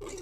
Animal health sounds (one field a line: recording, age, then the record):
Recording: pig call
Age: weaner (32 to 43 days)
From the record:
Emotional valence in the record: negative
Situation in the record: short isolation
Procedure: open field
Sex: female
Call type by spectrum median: low-frequency call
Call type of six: high-frequency stable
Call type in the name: high-frequency stable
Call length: 0.22 s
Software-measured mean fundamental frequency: 194 Hz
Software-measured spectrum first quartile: 338 Hz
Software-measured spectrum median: 990 Hz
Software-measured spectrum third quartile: 4824 Hz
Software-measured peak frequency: 381 Hz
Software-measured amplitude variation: 101 dB a second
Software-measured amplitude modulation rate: 22.5 a second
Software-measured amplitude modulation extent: 4.5 dB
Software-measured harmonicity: 6.2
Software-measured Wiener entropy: -3.22